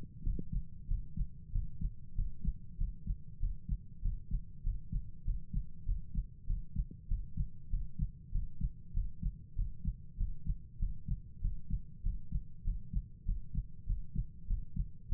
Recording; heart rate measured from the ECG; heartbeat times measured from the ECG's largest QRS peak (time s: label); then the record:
heart sounds by stethoscope; 97 bpm
0.23 s: heartbeat
0.87 s: heartbeat
1.52 s: heartbeat
2.15 s: heartbeat
2.77 s: heartbeat
3.39 s: heartbeat
4.01 s: heartbeat
4.63 s: heartbeat
5.24 s: heartbeat
5.85 s: heartbeat
6.46 s: heartbeat
7.07 s: heartbeat
7.69 s: heartbeat
8.31 s: heartbeat
8.93 s: heartbeat
9.55 s: heartbeat
10.17 s: heartbeat
10.79 s: heartbeat
11.41 s: heartbeat
12.02 s: heartbeat
12.64 s: heartbeat
13.25 s: heartbeat
13.86 s: heartbeat
14.47 s: heartbeat
15.08 s: heartbeat
From the record:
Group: healthy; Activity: breath hold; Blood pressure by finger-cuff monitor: 95/68 mmHg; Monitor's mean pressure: 76 mmHg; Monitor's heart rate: 97 bpm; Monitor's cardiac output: 7.4 L/min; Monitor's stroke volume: 76 mL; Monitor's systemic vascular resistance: 750 dyn s/cm5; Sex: male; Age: 19 years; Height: 178 cm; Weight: 83 kg